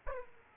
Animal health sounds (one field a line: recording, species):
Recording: mosquito wingbeat signal from an infrared sensor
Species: Aedes aegypti